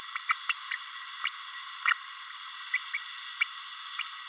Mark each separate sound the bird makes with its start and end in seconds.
0.29-0.33, 0.49-0.52, 1.85-1.93, 2.73-2.78, 2.93-2.98, 3.40-3.44, 3.99-4.03